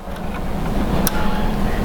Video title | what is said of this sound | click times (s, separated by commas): Invention Studio Embroidery Hardware Training | so this goes back into this chamber here I'm just going to push until I hear it snap | 1.1 s